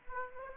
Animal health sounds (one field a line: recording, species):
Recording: mosquito wingbeat signal from an infrared sensor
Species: Aedes aegypti